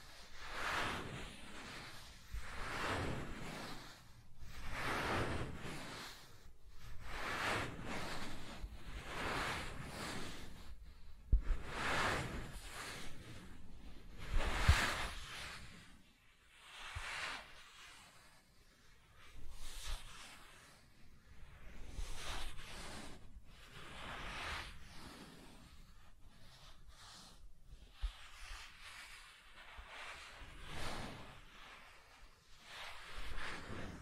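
Soft tracing across smooth and rough surfaces, heard as a steady run of hushed, airy strokes that swell and fade about once every second or two. Some passes sound grainier and brighter, others smoother, with short quiet gaps between them throughout.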